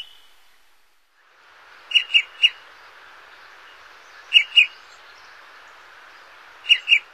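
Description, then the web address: Olive-sided flycatcher calls: sharp, high pips given in bursts of two or three, the groups spaced a couple of seconds apart over a soft background hiss. North America. "Songs of Birds of North America Stokes. Olive-sided Flycatcher"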